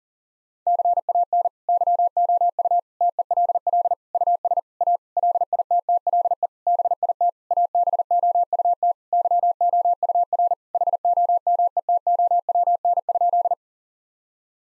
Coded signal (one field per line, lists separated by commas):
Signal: Morse code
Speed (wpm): 40 wpm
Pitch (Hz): 700 Hz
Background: none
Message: CAN YOU TELL US A LITTLE BIT ABOUT YOUR HOMETOWN?